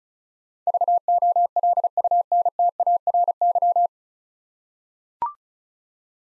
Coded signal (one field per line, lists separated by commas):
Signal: Morse code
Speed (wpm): 36 wpm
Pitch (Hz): 700 Hz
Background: none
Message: VOLUNTARY